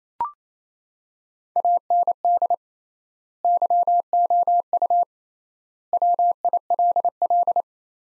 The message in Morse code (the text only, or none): AND YOU WILL